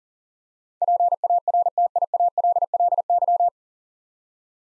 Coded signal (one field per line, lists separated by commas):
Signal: Morse code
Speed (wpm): 44 wpm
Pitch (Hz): 700 Hz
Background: none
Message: PARTIALLY